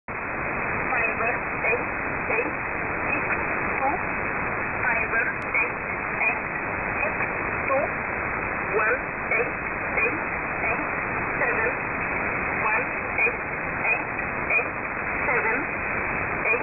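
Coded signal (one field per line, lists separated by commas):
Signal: numbers station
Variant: E11 Oblique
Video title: E11 "Oblique" Number Station 4505 kHz USB 15:33UTC 30-OCT-2022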